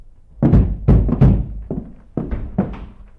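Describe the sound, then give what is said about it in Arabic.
Heavy, dull knocking on a house door in Basra, about six or seven low thuds in two loose bursts, loud and unhurried, with no voices. “انتظر يا من تطرق الباب.”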